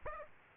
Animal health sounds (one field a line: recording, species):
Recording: mosquito wingbeat signal from an infrared sensor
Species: Aedes aegypti